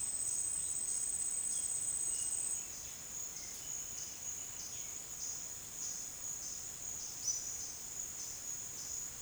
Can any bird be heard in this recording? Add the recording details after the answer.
no. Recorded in secondary vegetation near Puerto Asís, Putumayo, Colombia, on 25 June 2025 at 11:30. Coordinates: 0.485, -76.322. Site GP06